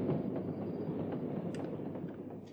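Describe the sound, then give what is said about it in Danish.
A train rolls steadily along the rails, a dense continuous rumble with a few faint metallic clicks from the wheels, holding an even loudness throughout with no voices. “De tre steg på toget, og føreren vinkede til dem lige så længe, som han kunne se toget.”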